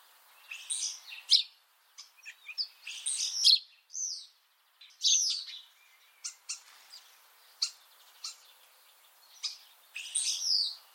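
Common starling calls: short harsh squeaks and sharp ticks scattered between brief buzzy bursts, with uneven gaps.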